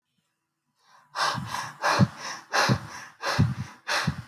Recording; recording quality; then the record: deep breathing; excellent, no background noise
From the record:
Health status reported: healthy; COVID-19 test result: not tested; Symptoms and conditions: cold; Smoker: not ticked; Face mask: not worn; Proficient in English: yes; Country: India